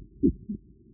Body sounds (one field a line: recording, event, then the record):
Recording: neck accelerometer signal played as sound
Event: voluntary cough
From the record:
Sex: female